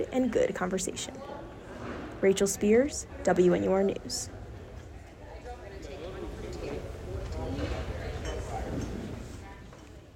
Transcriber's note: natural sound: preparation chatter